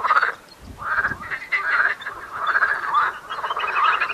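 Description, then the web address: Marsh frogs croaking in a dense overlapping chorus, nasal croaks repeated irregularly, with a few low thuds early on. Calling in the Tävsmoor. "seefrosch. rufen jetzt die froesche im taevsmoor"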